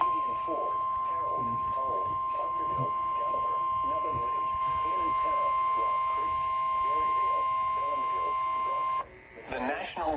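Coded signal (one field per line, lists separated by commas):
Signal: Emergency Alert System (SAME) tones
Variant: 1050 Hz attention tone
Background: speech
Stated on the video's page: Flash Flood Warning received on weather radio.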